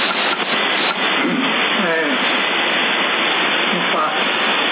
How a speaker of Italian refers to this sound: Ma un po' piove un po' no.